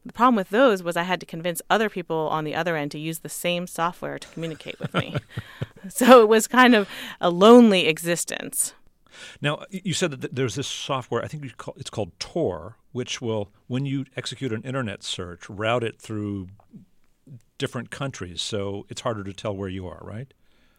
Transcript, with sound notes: The problem with those was I had to convince other people on the other end to use the same software to communicate with me.
(LAUGHTER)
So it was kind of a lonely existence.
Now you said that there's this software. I think it's called Tour, which will, when you execute an Internet search route it through different countries so it's harder to tell where you are, right?